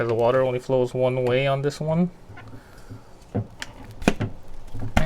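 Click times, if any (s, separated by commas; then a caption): 4.1 s, 5.0 s. Someone talks while a replacement reverse osmosis membrane cartridge for an Apec Puroflo 5-stage filter is pushed, O-ring end first (the end with two small O-rings goes inside because water flows only one way through it), into its plastic membrane housing. Soft handling and scraping follow, and then sharp clicks at 4.1 s and 5.0 s as the membrane seats in the housing.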